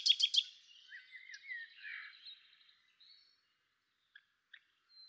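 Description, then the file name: Common nightingale song beginning with loud rapid notes, then a softer warbling run that fades, followed by two faint isolated clicks. "Luscinia megarhynchos"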